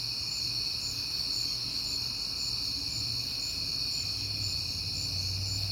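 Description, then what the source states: Crickets trilling continuously at high pitch, an even pulsing chorus with faint low rumble underneath. At night in September, on a peaceful night; crickets heard often this month.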